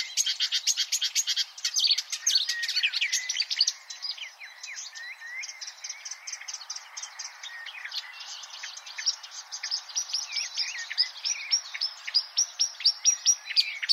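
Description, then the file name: Marsh warbler singing a long, rapid medley of chirps, buzzes and sweeping notes, with dense bursts early, then quick repeated slurred notes toward the close. "suara kicauan burung marsh warbler. omkicau"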